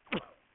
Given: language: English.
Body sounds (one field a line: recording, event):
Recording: throat vibration sensor signal played as sound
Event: cough